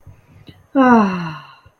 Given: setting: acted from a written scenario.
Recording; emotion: vocal sound without words; romantic love